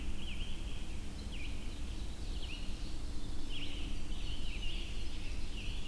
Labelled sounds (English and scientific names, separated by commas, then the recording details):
Red-eyed Vireo (Vireo olivaceus) song
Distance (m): 105 m
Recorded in boreal forest in Alberta, Canada, on 22 June 2016 at 06:23
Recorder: SongMeter 3, array SBT-6-76
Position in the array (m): 260 m, 99 m